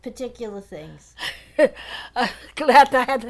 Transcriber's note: she laughs